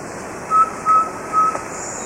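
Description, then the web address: Subtropical pygmy owl, a run of three plain whistled notes at even spacing, all on the same pitch. Ecuador. "Natures Songs S America Birds of Ecuador Subtropical Pygmy-Owl"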